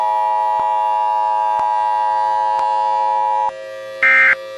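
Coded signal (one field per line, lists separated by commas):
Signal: Emergency Alert System (SAME) tones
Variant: 853 and 960 Hz attention tone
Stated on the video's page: Fictional EAS scenario remaster, not a real alert.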